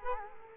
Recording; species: mosquito wingbeat signal from an infrared sensor; Culex quinquefasciatus